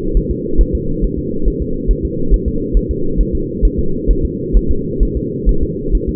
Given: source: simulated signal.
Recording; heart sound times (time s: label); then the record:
fetal heart sounds
0.17 s: S1
0.31 s: S2
0.61 s: S1
0.75 s: S2
1.04 s: S1
1.19 s: S2
1.48 s: S1
1.62 s: S2
1.91 s: S1
2.05 s: S2
2.34 s: S1
2.48 s: S2
2.77 s: S1
2.91 s: S2
3.21 s: S1
3.35 s: S2
3.65 s: S1
3.79 s: S2
4.11 s: S1
4.25 s: S2
4.57 s: S1
4.71 s: S2
5.03 s: S1
5.17 s: S2
5.49 s: S1
5.63 s: S2
5.95 s: S1
6.09 s: S2
From the record:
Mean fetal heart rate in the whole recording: 135 bpm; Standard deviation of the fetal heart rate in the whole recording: 3 bpm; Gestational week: 36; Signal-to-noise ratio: -8.1 dB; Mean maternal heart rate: 72 bpm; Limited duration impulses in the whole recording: present